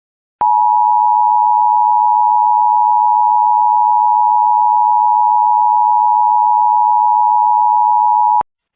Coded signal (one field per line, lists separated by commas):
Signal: Emergency Alert System (SAME) tones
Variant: 853 and 960 Hz attention tone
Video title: Louisiana Required Monthly Test 7/19/24 EAS #23